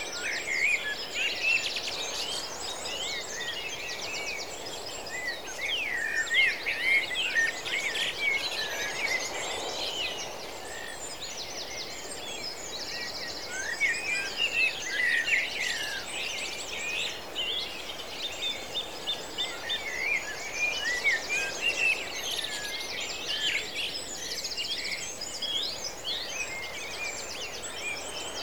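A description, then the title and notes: A dawn chorus of many birds sings at once, a dense, continuous overlap of bright chirps, trills and whistling phrases with no gaps. The singing swells slightly around six and fifteen seconds and again near the end, over a faint steady low hiss. Dawn Chorus Live From East Coast Nature Reserve.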